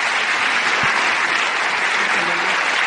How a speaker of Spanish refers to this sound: Ayúdenme a recibir con un gran aplauso